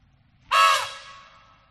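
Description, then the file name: Elephant trumpet call: one loud brassy blast with rich harmonics, strong at onset and then fading over about a second, with low rumbling noise underneath. "audio hero Elephant"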